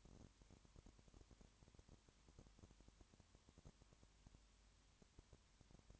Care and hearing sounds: daily activity, microphone in the room; no activity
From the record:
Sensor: 3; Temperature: 20.5 degrees Celsius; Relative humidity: 34.6%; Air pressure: 1001.1 hPa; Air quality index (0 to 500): 195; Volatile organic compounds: 6 ppm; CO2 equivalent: 1853 ppm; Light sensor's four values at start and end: 2/3/2/2 and 2/3/2/2

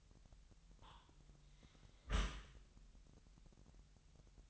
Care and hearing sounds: daily activity, microphone in the room; close dishwasher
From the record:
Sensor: 3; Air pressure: 998.2 hPa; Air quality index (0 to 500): 152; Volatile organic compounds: 5 ppm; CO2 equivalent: 1816 ppm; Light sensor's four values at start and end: 13/38/15/14 and 13/38/15/14

